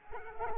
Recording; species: mosquito wingbeat signal from an infrared sensor; Culex quinquefasciatus